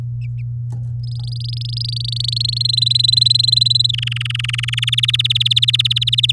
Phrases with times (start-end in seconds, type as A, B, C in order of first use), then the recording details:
1.03-2.62 A, 2.65-3.91 B, 3.93-4.85 C, 4.87-6.32 D. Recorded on 9 May 2018 at 12:01. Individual llb16